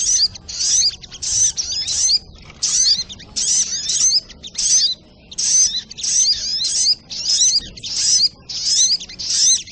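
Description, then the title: Energetic Little Spiderhunter song, high thin chirps and quick slurred notes in a steady run of short phrases with small pauses. Training recording (masteran) of the sogok ontong's song, labelled 'labaik'. "Masteran Burung Sogok Ontong Labaik"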